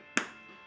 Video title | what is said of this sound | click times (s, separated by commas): MTM TACTICAL MAG CAN 15 FOR 223/556 UNBOXING AND FIRST LOOK | they seem like they close with a nice click. | 0.2 s